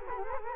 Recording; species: mosquito wingbeat signal from an infrared sensor; Culex quinquefasciatus